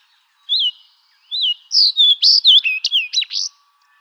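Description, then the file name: Fox sparrow song: a brisk phrase of clear whistled notes and slurred sweeps, rising and falling, lasting about three seconds. Recorded 21 April 2011. "2011-04-21 Fox Sparrow"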